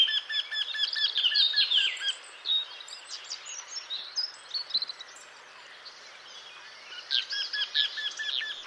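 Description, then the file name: Eurasian wryneck giving a quick run of repeated notes at the start and again near the end, with other birds chirping and warbling in between. "Torcol"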